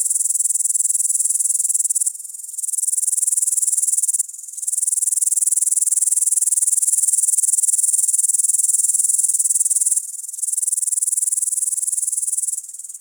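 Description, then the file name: Upland green bush-cricket song, a continuous high buzzing trill in long bursts, broken by four brief pauses. "Upland Green Bush cricket Tettigonia cantans"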